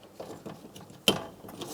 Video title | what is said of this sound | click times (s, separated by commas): How to Replace Front Window Regulators with Motor 2011-2026 Mitsubishi Outlander | Audible click, a light tug. It's secure. | 1.1 s